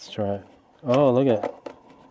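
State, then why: Seated. Someone talks as a plastic air hose fitting is pushed and twisted into the notched outlet of an ETENWOLF Vortex S6 plus portable pump. A short, sharp click is heard at 1.7 s as the fitting locks in place.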